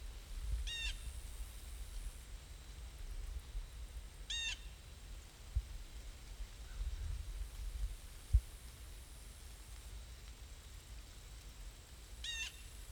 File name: Blue Jay Wind Through Leaves Autumn Crickets